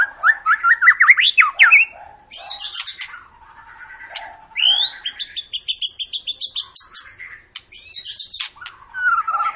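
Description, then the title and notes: White-rumped shama song: opens with fast rising whistled notes, then a long series of quick repeated notes, ending in a descending whistle. Long lure song of an energetically singing white-rumped shama, used to provoke other birds to sing. "Pancingan Murai Batu Gacor Panjang. muraiku"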